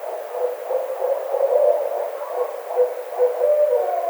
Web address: Barred Owl 2009 04 09 Barred Owl